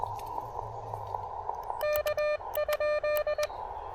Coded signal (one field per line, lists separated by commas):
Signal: Morse code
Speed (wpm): 21 wpm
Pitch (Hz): 600 Hz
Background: none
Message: K?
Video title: 5 Watts & 1 Hour = QRP POTA Energy Boost!